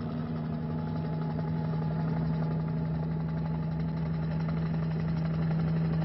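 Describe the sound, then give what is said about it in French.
A helicopter drones steadily throughout as cameras fly over the ruined Malpassé dam two months after the disaster: a constant low engine hum with a strong buzzing tone and broad rushing noise that never rises or fades. No one speaks. “C'est le barrage de Malpassé, avant qu'il ne devienne ceci, que les caméras de Saint-Colonne à la Une ont survolé en hélicoptère 2 mois après la catastrophe.”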